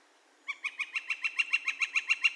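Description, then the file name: Northern flicker call: a rapid run of loud, even, harsh notes, starting abruptly after a brief quiet moment. Calls; recorded 2 May 2020. "2020-05-02 Northern Flicker- Calls"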